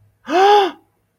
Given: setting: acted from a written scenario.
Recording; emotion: vocal sound without words; fear